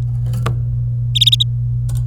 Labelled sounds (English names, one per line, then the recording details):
Domestic Canary song
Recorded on 26 April 2018 at 09:03
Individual llb3